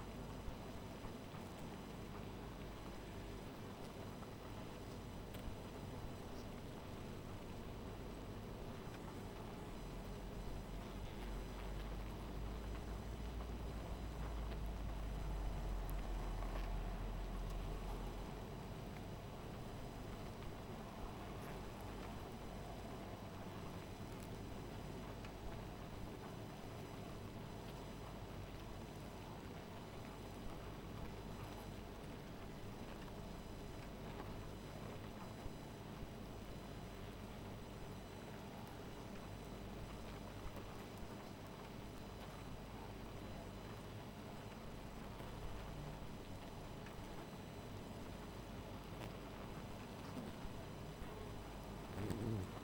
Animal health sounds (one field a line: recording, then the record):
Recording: honeybee colony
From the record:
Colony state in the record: missing queen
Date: 14 July 2017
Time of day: 1:58